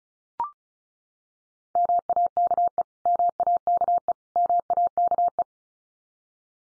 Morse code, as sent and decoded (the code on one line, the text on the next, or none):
-- .- -.- . / -- .- -.- . / -- .- -.- .
MAKE MAKE MAKE